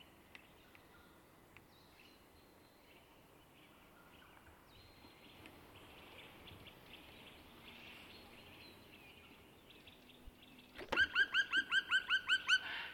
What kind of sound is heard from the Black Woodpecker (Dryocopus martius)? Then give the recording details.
song. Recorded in the wild. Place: Kaiserslautern, Rheinland-Pfalz, DE. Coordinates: 49.26, 7.45. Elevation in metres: 206. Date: 1977-03-08. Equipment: Nagra IV, Sennheiser MKH 405, Parabolreflektor. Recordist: Tretzel, Erwin. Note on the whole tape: Höhe Stelzenberg, Fuchsenholz, Distr. X, 2a. Schwarzspecht"glück"-Serie